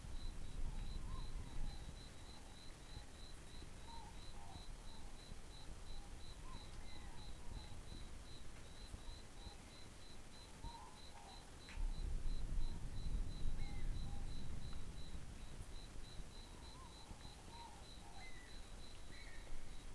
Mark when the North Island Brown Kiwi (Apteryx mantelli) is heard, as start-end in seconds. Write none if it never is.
none